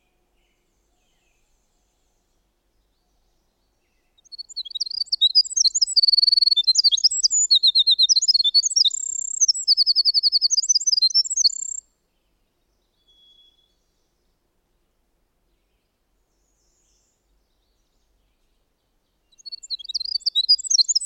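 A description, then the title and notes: A winter wren sings a long, rapid song of high, tinkling trills and chatters, running from about four to twelve seconds. After a brief faint note and a quiet pause, the bird starts another burst near the end, against a silent background. Winter Wren.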